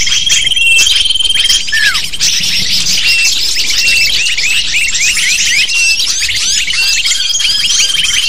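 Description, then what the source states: Many lovebirds chirping together, a busy high-pitched jumble of short squeaky notes, with a few sustained whistle tones above. Lure (pikat) used to attract lovebirds.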